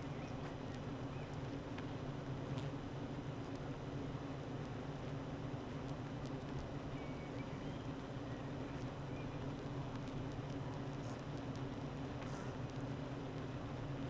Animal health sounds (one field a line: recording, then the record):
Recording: honeybee colony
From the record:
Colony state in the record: active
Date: 12 June 2018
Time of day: 8:36